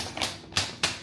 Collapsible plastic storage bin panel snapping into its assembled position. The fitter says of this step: They just snap into place real easy.